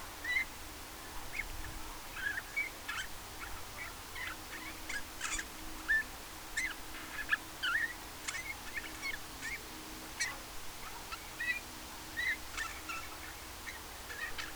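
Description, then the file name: Eurasian bullfinch repeating short, soft whistled notes every second or so throughout, mixed with many brief clicking sounds and steady low background noise. "Pyrrhula pyrrhula"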